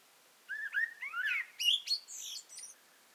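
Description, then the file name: Eurasian blackbird singing a soft warbled phrase that breaks into thin high squeaky twitters. "Turdus merula"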